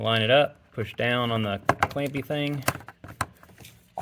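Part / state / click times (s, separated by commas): small hose quick-connector onto engine fitting / seated / 3.2 s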